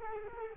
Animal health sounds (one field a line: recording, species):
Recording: mosquito wingbeat signal from an infrared sensor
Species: Culex quinquefasciatus